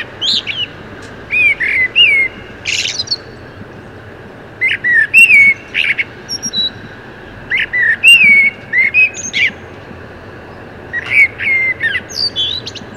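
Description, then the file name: Common blackbird song, repeated short phrases every few seconds, each a mellow curling whistle plus sharp high squeaks, steady over the whole stretch. "Turdus merula"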